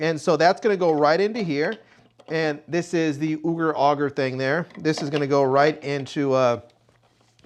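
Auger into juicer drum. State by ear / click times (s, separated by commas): seated / 7.4 s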